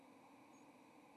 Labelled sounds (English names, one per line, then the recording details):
White-throated Sparrow flight call
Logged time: 07:30 on 30 October 2014